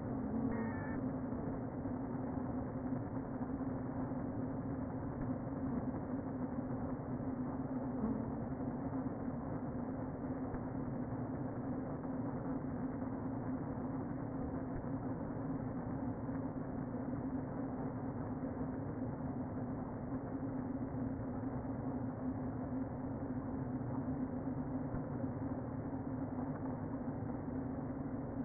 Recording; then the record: honeybee colony, microphone inside the hive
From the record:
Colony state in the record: queen present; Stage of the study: before two queens were removed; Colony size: about 60,000 bees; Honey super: yes